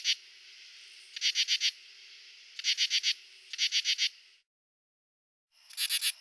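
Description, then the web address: Common true katydid calling with short harsh buzzy pulse groups of four, repeated about every one to two seconds over a steady high insect hiss, with a brief silent gap. Male calls. "Crickets and Katydids. Pteryphylla camellifolia, male calls"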